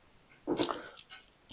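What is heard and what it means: A torque wrench set to about 60 inch-pounds tightens a stud threaded into an aluminium VW Type 1 engine case. After a quiet start, a brief rattling burst peaks with the wrench's click at 0.6 s, followed by a few faint ticks. The wrench clicks almost immediately because the stud is already at torque, confirming the threads are holding with no problem.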